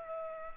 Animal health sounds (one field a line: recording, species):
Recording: mosquito wingbeat signal from an infrared sensor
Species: Culex pipiens